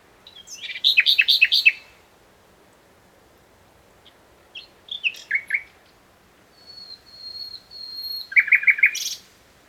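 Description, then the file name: Common nightingale song: loud rattling trill, pause, chirped notes, a long pure whistle repeated, then another fast trill. "Luscinia megarhynchos"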